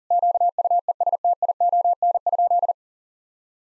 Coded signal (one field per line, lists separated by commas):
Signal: Morse code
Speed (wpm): 40 wpm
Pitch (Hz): 700 Hz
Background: none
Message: QUESTION?